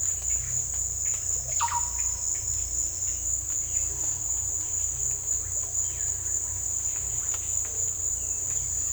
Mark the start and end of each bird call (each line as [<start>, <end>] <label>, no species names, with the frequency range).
[1.53, 1.80] bird call (0.8-3.9 kHz)